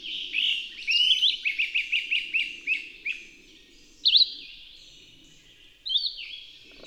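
Bird song, a quick run of many sharp high chirps, followed by two separate sliding notes after pauses.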